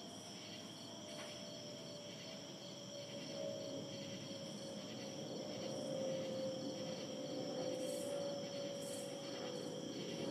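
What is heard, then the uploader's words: Crickets chirp in a steady, dense chorus with a high, thin ringing tone that never lets up. A low, rumbling hum runs underneath throughout, growing slightly louder after about six seconds, with faint brief pulses of higher chirping scattered across the clip. ASMR Crickets Chirping.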